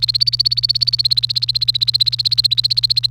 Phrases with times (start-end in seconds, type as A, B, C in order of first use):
0.00-3.06 A